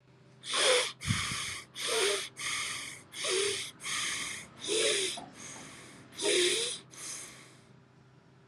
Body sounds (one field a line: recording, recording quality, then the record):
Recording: deep breathing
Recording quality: excellent, no background noise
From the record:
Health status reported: recovered from COVID-19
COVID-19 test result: negative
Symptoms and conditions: none ticked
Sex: male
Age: 26 years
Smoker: not ticked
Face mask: not worn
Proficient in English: yes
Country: India